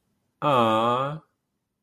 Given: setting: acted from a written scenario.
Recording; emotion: vocal sound without words; adoration